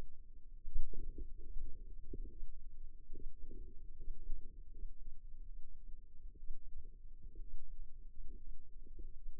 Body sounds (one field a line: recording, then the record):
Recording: forearm muscle sounds (acoustic myography)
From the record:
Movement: rest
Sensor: system 2, bracelet of six BSWA MPA416 microphones around the upper forearm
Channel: 2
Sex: female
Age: 22 years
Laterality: right